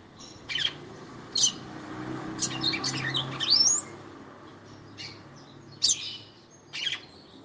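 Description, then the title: Red-cowled cardinal song in short bright bursts of chirps and a rising whistled sweep, separated by pauses. Female singing to the male; audio used to excite a male kept bird. "Canto Galo Campina Fêmea. FÊMEA DE GALO DE CAMPINA FOGOSA CANTANDO PRO MACHO"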